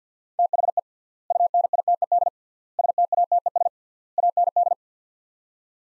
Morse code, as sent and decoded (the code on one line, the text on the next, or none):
- .... . / ..- -. .. - . -.. / ... - .- - . ... / .- -. -..
THE UNITED STATES AND